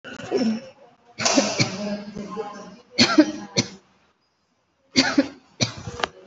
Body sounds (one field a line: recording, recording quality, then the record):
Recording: shallow voluntary cough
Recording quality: excellent, no background noise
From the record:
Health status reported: respiratory illness, not identified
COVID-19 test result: negative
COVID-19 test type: RT-PCR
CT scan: taken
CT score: 0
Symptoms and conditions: breathing difficulty, asthma, another condition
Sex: female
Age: 41 years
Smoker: no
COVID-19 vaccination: none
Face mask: worn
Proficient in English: no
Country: India